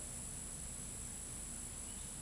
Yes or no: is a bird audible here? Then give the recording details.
no. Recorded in pastures near Pivijay, Magdalena, Colombia, on 4 June 2023 at 18:00. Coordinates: 10.456, -74.369. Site P6-G026